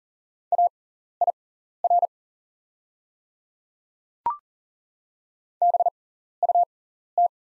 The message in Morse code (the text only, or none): AIR BUT